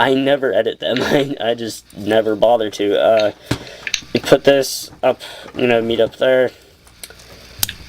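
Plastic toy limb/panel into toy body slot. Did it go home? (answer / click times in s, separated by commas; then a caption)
yes / 7.6 s. Someone talks while handling a plastic transforming robot toy, then a plastic limb or panel is pushed into its slot in the toy body. A sharp plastic click is heard at 7.6 seconds as the part seats into place.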